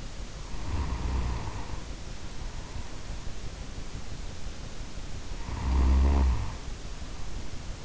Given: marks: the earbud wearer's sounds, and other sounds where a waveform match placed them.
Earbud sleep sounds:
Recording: sounds in sleep by an in-ear microphone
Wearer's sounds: snoring breath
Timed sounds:
0.26-3.20 s: snoring breath
5.22-7.85 s: snoring breath

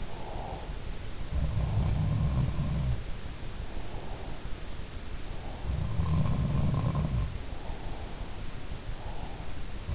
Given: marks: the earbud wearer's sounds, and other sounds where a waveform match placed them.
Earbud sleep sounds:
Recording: sounds in sleep by an in-ear microphone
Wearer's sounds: breath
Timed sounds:
0.00-0.76 s: breath
1.33-2.94 s: sound from someone else or the room
5.60-7.35 s: sound from someone else or the room

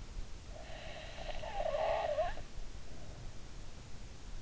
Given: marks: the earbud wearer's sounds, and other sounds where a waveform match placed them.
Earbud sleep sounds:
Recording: sounds in sleep by an in-ear microphone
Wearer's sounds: breath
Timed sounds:
0.51-3.58 s: breath

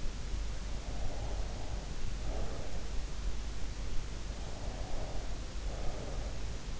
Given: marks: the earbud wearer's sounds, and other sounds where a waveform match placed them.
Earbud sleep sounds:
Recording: sounds in sleep by an in-ear microphone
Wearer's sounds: breath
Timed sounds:
0.99-2.93 s: breath
4.15-6.34 s: breath

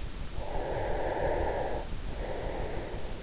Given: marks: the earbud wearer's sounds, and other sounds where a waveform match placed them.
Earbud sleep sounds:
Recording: sounds in sleep by an in-ear microphone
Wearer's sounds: breath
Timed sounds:
0.37-3.20 s: breath

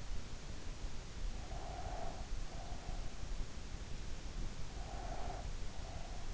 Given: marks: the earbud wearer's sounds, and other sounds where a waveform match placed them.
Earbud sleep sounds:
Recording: sounds in sleep by an in-ear microphone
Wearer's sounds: breath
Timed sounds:
1.37-2.99 s: breath
4.66-6.29 s: breath

